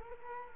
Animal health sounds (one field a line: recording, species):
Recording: mosquito wingbeat signal from an infrared sensor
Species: Culex quinquefasciatus